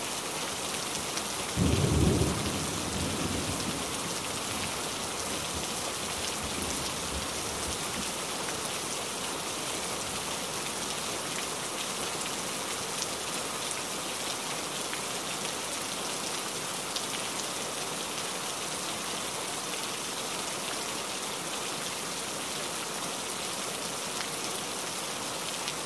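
Rain falls steadily and densely throughout, a constant hiss with a fine patter of drops on a surface. Near the start, around two seconds in, a short low rumble swells briefly, like distant thunder, then the even rainfall continues unchanged to the end.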